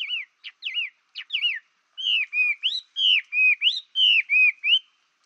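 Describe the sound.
Chinese hwamei singing: sharp slurred notes open, then a loud, melodious phrase of falling and rising whistles repeated three times, with nothing else heard.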